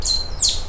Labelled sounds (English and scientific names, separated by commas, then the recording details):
Stitchbird (Notiomystis cincta) song
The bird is a male
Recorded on Tiritiri Matangi Island, New Zealand, in 2005
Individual 3, of nest box 3